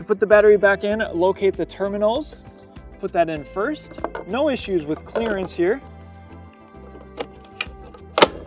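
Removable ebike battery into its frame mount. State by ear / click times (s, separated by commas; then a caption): seated / 8.2 s. A removable battery on a Himiway A7 Pro ebike is reinstalled in its frame mount, terminal end first, then pushed into the frame. Someone talks over music, then the battery snaps into place with sharp clicks at 8.2 s and 8.2 s, and it is seated.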